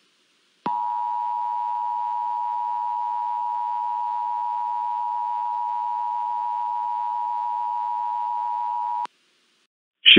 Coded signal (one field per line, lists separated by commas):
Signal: Emergency Alert System (SAME) tones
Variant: 853 and 960 Hz attention tone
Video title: EAS Scenario #6: La Palma Tsunami